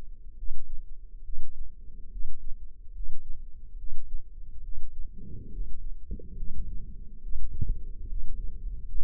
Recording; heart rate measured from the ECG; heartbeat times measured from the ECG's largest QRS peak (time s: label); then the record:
heart sounds by microphone in the left ear; 71 bpm
0.36 s: heartbeat
1.23 s: heartbeat
2.10 s: heartbeat
2.93 s: heartbeat
3.77 s: heartbeat
4.62 s: heartbeat
5.50 s: heartbeat
6.35 s: heartbeat
7.21 s: heartbeat
8.07 s: heartbeat
8.86 s: heartbeat
From the record:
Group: healthy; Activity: rest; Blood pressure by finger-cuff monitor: 112/70 mmHg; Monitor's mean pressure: 87 mmHg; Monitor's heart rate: 70 bpm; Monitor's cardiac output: 5.7 L/min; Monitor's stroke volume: 81 mL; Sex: male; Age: 35 years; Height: 178 cm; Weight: 64 kg